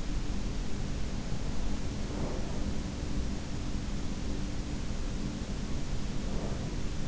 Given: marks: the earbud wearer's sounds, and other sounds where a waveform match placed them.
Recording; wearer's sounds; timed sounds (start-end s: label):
sounds in sleep by an in-ear microphone; breath
1.35-2.82 s: breath
5.65-7.08 s: breath